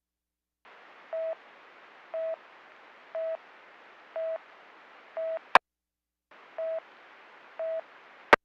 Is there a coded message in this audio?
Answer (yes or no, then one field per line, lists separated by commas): no